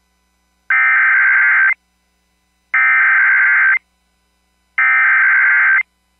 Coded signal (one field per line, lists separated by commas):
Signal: Emergency Alert System (SAME) tones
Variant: header bursts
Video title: DIXIE ALLEY DANGER | EAS Alerts from 11/30/2022 (EAS #1557-1579)